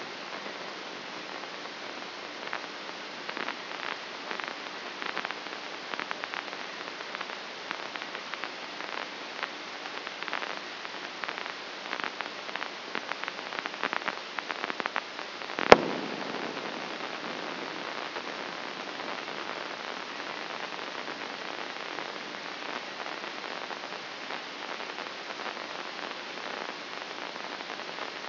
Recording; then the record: brain microelectrode recording played as sound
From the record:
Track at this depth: inside the subthalamic nucleus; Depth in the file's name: 5.229 mm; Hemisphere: left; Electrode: 2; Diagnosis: Parkinson's disease